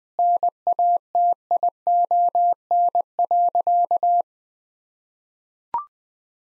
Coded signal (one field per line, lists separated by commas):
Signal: Morse code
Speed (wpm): 20 wpm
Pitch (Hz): 700 Hz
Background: none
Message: NATION.